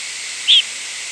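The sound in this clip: Rose-breasted grosbeak call, one short, sharp squeaky note standing out briefly above a steady hiss.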